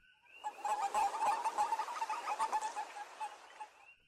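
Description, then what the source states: Western toad call: a rapid series of soft, chirping peeps run together into a quavering trill lasting about three and a half seconds. Medium-sized toad reaching up to 14.5 cm, with dry warty skin and prominent parotid glands behind the eyes that expel toxins when threatened.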